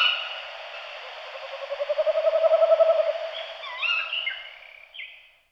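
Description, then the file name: Tawny Owl hooting, a low wavering note breaking into a rapid quavering tremolo, followed by a few higher rising and falling calls toward the end. "strix aluco"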